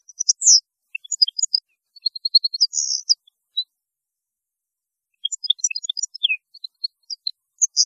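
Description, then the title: European goldfinch giving two twittering phrases of high chirps, a rattling buzz and sliding notes, with a short quiet gap between them. "Chant Chardonneret"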